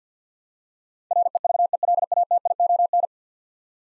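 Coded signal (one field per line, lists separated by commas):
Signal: Morse code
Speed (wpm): 52 wpm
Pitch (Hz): 700 Hz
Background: none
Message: REVELATION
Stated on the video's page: Morse practice drill of 10-letter words at 50 wpm; each word sent twice for head-copy.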